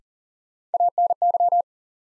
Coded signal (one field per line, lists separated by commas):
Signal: Morse code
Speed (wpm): 40 wpm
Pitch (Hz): 700 Hz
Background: none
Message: ANY